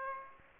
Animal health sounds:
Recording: mosquito wingbeat signal from an infrared sensor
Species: Aedes aegypti

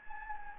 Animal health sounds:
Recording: mosquito wingbeat signal from an infrared sensor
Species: Anopheles gambiae

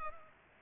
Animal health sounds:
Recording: mosquito wingbeat signal from an infrared sensor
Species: Culex pipiens

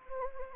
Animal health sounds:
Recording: mosquito wingbeat signal from an infrared sensor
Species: Anopheles gambiae

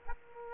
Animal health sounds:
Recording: mosquito wingbeat signal from an infrared sensor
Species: Aedes aegypti

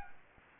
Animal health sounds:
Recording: mosquito wingbeat signal from an infrared sensor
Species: Anopheles gambiae

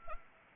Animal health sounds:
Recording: mosquito wingbeat signal from an infrared sensor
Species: Anopheles arabiensis

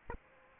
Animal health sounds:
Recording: mosquito wingbeat signal from an infrared sensor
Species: Aedes albopictus

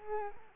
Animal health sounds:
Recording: mosquito wingbeat signal from an infrared sensor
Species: Culex quinquefasciatus

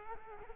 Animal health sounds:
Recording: mosquito wingbeat signal from an infrared sensor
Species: Culex quinquefasciatus

